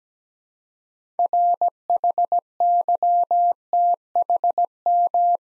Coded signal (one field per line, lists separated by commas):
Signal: Morse code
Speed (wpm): 17 wpm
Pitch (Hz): 700 Hz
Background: none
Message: RHYTHM